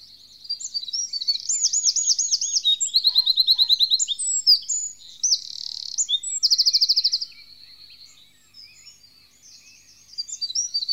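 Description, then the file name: Eurasian wren song, a long energetic outpouring of high rapid notes with repeated looping phrases, a buzzy trill and a fast rattling trill, fading into softer twittering before resuming. "winterkoning"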